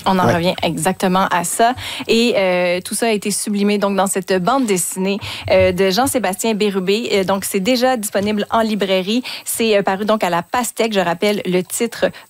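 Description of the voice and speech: An adult woman, a radio host, speaks French fluently and clearly at a steady pace with natural pitch and brief pauses; ordinary, normal speech.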